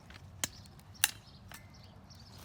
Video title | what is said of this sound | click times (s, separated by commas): Rebar Extraction | gives you an audible click when it's engaged | 1.0 s